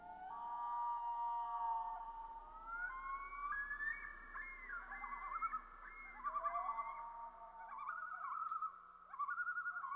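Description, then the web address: Common Loon giving a long mournful wail that climbs in steps, followed by rapid wavering tremolo phrases, with a low steady hum underneath. "Dan Gibson Wildlife Identification By Sound, Eastern North America Pt 1 Common Loon"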